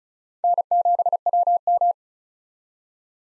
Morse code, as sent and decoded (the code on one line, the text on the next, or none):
-. --... .-- --
N7WM